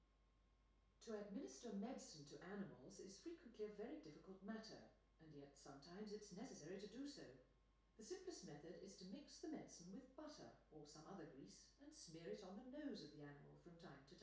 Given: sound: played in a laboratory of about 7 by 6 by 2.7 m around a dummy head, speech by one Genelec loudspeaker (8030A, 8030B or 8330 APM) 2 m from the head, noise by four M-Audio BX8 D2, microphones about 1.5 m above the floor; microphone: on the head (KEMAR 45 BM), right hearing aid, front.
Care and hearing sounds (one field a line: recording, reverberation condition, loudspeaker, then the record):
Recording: female speech in English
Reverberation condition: medium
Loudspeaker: 60 degrees to the left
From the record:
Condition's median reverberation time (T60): about 510 ms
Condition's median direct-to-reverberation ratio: about -0.5 dB